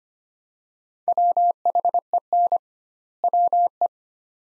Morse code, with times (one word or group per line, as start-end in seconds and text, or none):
1.1-2.6 WHEN
3.2-3.9 WE